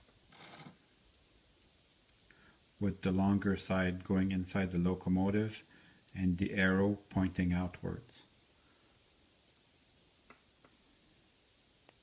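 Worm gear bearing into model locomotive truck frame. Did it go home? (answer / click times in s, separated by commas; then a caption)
no / none. A worm gear bearing for an N scale Kato SD40-2 locomotive under repair is handled and lined up to press into the model locomotive's plastic truck frame, long side going inside and arrow pointing outward. Someone talks through the middle of the clip, with only faint brief ticks around it. Nothing has seated or clicked yet.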